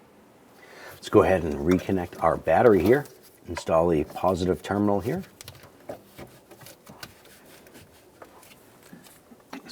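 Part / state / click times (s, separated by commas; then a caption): positive cable terminal onto car battery post / not seated / none. Someone talks while the positive battery cable terminal is set onto the battery post of a 2005-2010 Chrysler 300 and positioned by hand before being tightened with a ratchet. After the talking, a few short, faint taps and knocks sound against a quiet background. Nothing has clicked yet.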